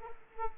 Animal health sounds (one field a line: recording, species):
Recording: mosquito wingbeat signal from an infrared sensor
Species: Culex quinquefasciatus